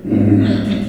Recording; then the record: squeal of a Yucatan mini pig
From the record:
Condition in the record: after surgery on the right vocal fold (resection and tissue-engineered implant); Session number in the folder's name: 3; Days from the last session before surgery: 21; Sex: female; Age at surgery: 19 weeks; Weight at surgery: 25 kg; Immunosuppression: prednisolone